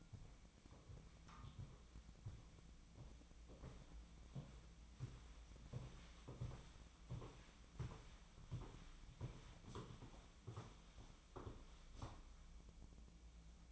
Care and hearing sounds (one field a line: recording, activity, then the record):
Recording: daily activity, microphone in the room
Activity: walk to room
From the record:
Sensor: 1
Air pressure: 1010.1 hPa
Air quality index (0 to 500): 185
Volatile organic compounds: 16 ppm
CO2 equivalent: 2540 ppm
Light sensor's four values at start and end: 39/98/41/50 and 38/98/41/50